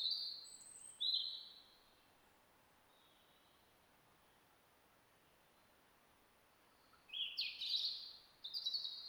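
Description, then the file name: European robin song: short high thin warbled phrases near the start, then a long silent pause before another tumbling high burst near the end; faint steady background hiss. "Erithacus rubecula"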